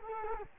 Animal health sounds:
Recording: mosquito wingbeat signal from an infrared sensor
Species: Culex quinquefasciatus

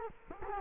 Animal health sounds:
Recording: mosquito wingbeat signal from an infrared sensor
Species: Culex quinquefasciatus

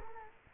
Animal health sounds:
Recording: mosquito wingbeat signal from an infrared sensor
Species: Culex quinquefasciatus

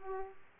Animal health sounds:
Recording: mosquito wingbeat signal from an infrared sensor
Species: Aedes aegypti

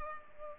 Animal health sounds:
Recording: mosquito wingbeat signal from an infrared sensor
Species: Culex pipiens

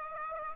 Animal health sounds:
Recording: mosquito wingbeat signal from an infrared sensor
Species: Aedes aegypti

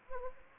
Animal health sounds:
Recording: mosquito wingbeat signal from an infrared sensor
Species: Anopheles arabiensis

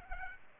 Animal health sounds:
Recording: mosquito wingbeat signal from an infrared sensor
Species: Aedes aegypti

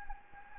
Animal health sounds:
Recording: mosquito wingbeat signal from an infrared sensor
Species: Anopheles gambiae

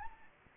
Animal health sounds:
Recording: mosquito wingbeat signal from an infrared sensor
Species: Anopheles arabiensis

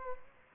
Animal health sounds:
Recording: mosquito wingbeat signal from an infrared sensor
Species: Aedes albopictus

